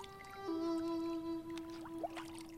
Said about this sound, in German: Hastig ergriff der Richter das Ruder und versuchte aufzustehen. Das Boot begann gefährlich zu schaukeln.